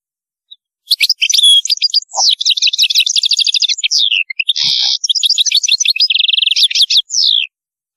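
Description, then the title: European goldfinch song, a continuous run of fast twittering, rattling trills and one harsh buzzy note, delivered almost without pause. "Chant Chardonneret"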